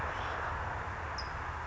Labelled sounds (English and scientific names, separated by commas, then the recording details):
California Towhee (Melozone crissalis)
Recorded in Sonoma County, California